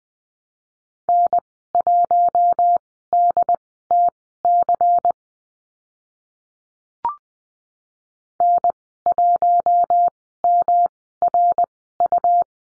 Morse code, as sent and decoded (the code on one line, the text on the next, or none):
-. .---- -.. - -.-. / -. .---- -- .-. ..-
N1DTC N1MRU